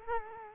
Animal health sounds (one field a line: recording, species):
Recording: mosquito wingbeat signal from an infrared sensor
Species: Culex quinquefasciatus